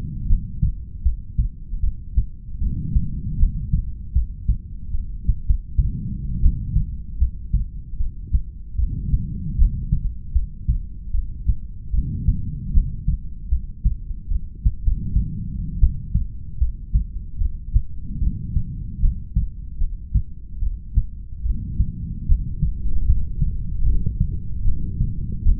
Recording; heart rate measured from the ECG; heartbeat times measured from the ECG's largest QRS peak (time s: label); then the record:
heart sounds by stethoscope; 76 bpm
0.29 s: heartbeat
1.04 s: heartbeat
1.82 s: heartbeat
2.60 s: heartbeat
3.39 s: heartbeat
4.14 s: heartbeat
4.93 s: heartbeat
5.46 s: heartbeat
6.42 s: heartbeat
7.20 s: heartbeat
7.99 s: heartbeat
8.77 s: heartbeat
9.58 s: heartbeat
10.34 s: heartbeat
11.13 s: heartbeat
11.92 s: heartbeat
12.73 s: heartbeat
13.51 s: heartbeat
14.30 s: heartbeat
14.83 s: heartbeat
15.81 s: heartbeat
16.60 s: heartbeat
17.39 s: heartbeat
18.20 s: heartbeat
19.02 s: heartbeat
19.80 s: heartbeat
20.61 s: heartbeat
21.44 s: heartbeat
22.28 s: heartbeat
23.07 s: heartbeat
23.85 s: heartbeat
24.64 s: heartbeat
25.45 s: heartbeat
From the record:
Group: heart failure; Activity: rest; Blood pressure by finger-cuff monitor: 100/58 mmHg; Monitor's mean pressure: 74 mmHg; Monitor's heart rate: 75 bpm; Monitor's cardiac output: 8.1 L/min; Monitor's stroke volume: 106 mL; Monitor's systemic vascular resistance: 650 dyn s/cm5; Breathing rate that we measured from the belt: 19 breaths a minute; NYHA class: 1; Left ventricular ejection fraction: 39%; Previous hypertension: present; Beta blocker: carvedilol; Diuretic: furosemide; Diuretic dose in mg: 20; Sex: male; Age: 60 years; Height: 178 cm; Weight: 62 kg